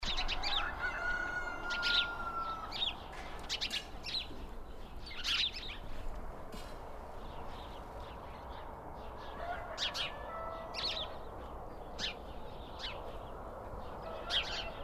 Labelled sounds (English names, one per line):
House Sparrow call